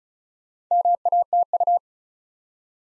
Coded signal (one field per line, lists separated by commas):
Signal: Morse code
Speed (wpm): 36 wpm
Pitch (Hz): 700 Hz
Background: none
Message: MATU